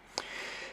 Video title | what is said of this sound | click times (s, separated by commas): Little Helpers - Märklin M-Track catenary system | pushing them down until the mast locks or the spring locks into place | 0.2 s